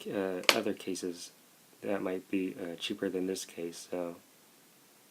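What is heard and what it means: Someone talks while handling an Under Armour UA Protect Grip hard plastic protective case, pressing its last end over the edge of an iPhone 7 Plus. A brief sharp sound comes near 0.5 s in the middle of the speech, with pauses around 1.4 to 1.8 s and after 4.2 s. The case has not seated or snapped on yet when the clip ends.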